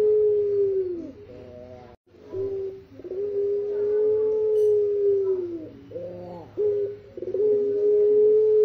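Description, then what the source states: Barbary dove cooing in a repeated pattern of a long steady low note and brief rolling coos, several times over, with a faint low background hum. Masteran, a training song for songbirds.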